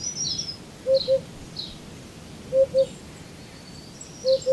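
Eurasian hoopoe hooting in regular low doubled notes, three pairs evenly spaced, with faint high chirping from other birds and a hissy background.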